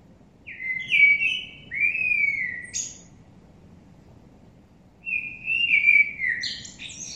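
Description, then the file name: Common blackbird song with two rich, flute-like warbled phrases, each finished by a thin, high squeaky twitter, a pause of about two seconds between. "Turdus merula"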